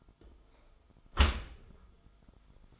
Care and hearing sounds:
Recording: daily activity, microphone in the room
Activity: close dishwasher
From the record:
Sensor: 5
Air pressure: 1004.7 hPa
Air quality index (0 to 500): 95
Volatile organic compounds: 2 ppm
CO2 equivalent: 1145 ppm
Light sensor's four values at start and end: 32/74/30/30 and 32/73/30/29

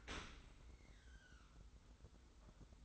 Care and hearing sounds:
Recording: daily activity, microphone in the room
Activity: open dishwasher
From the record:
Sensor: 3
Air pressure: 991.3 hPa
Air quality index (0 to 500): 137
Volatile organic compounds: 246 ppm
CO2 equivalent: 4350 ppm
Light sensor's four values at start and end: 52/143/58/51 and 52/142/58/51

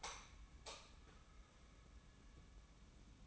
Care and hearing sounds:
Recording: daily activity, microphone in the room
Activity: light off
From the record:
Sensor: 1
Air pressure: 994.4 hPa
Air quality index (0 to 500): 226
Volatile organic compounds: 1000 ppm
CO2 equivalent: 8147 ppm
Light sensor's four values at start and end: 155/360/160/176 and 151/344/155/170

